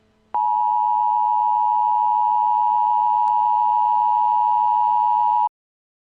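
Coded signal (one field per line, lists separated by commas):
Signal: Emergency Alert System (SAME) tones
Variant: 853 and 960 Hz attention tone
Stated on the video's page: Fictional EAS scenario.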